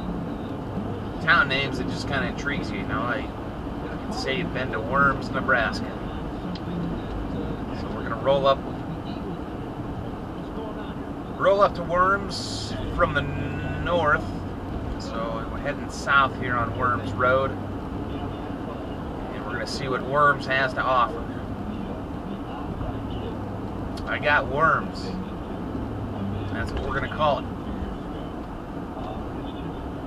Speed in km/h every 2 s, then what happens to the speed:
90, 93, 93, 93, 93, 89, 89, 90, 90, 90, 90, 89, 89, 90, 90.
0-30 steady at about 90.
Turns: none.